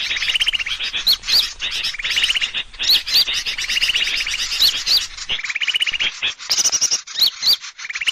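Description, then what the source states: Bird calls: chattering rattles and high rising whistles, phrases repeated in quick succession. Lure call (pikat) of a thousand birds.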